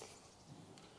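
A plastic rear turn signal lamp part on a 2008–2012 Ford Escape SUV is lined up and pushed into the tail light housing during replacement. Only a quiet, steady background hiss with faint low handling rustle is heard, with no sharp transient. Nothing has seated or clicked yet.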